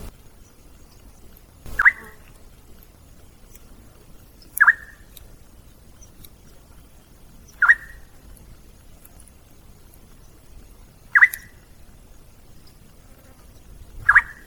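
Little friarbird call: a brief, mid-pitched note given five times, about every three seconds, each with a sharp click, over a quiet hissy background.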